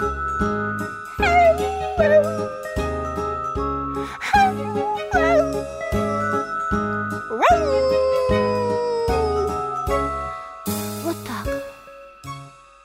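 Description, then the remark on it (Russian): A voice imitates a dog howling, drawn-out wavering tones that swoop up and slide down, sung over a bouncy, steady musical backing with a bright jingle near the end. “Да ну, разве они умеют завывать? Надо вот так.”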